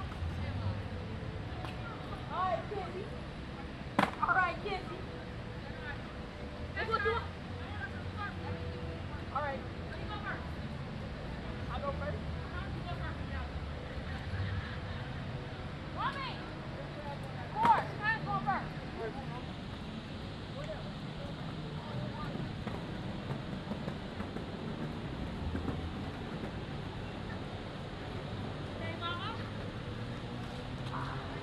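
Skaters practice tricks while people stroll past, with voices and chatter running throughout. Sharp clacks and snaps of boards land at irregular moments, loudest near 4 and 18 seconds, over a steady low rumble of rolling wheels and traffic.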